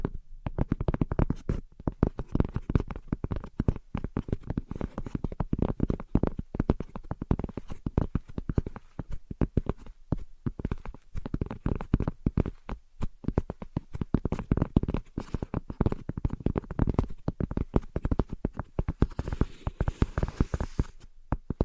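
Rapid, irregular tapping and scratching runs continuously, dense clicks and scrapes mostly low-pitched, with brief pauses near two, ten and twenty-one seconds.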